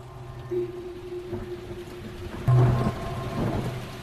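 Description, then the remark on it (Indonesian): Steady rain that began suddenly at night hisses throughout while a low rumble of thunder builds, swelling into a louder crack and roll about halfway through before settling back into the downpour. “Kudengar saat itu hujan tiba-tiba turun dan membuat udara menjadi sangat dingin.”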